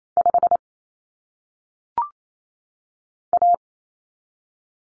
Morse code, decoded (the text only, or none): 5 A